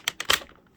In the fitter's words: so that lines up connector right there clicks into place